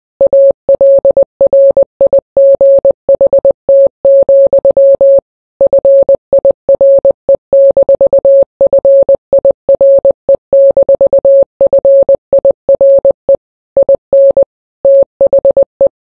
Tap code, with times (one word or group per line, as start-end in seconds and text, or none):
none